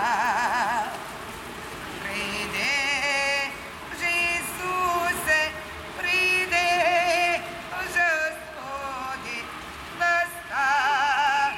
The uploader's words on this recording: In the streets of Saint-Petersburg. M.Sadovaya street.